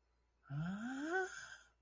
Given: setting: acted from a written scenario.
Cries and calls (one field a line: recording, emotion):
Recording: vocal sound without words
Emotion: confusion